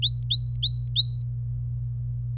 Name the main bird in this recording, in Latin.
Serinus canaria